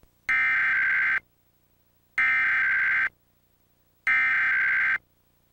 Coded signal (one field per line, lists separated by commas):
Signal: Emergency Alert System (SAME) tones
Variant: header bursts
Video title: Comcast Emergency Alert System - Required Monthly Test (March 30, 2022)